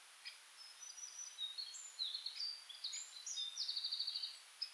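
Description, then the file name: Eurasian wren giving faint, high, scattered notes that build into a short rapid trill near the end, over a constant hiss. "Troglodytes troglodytes"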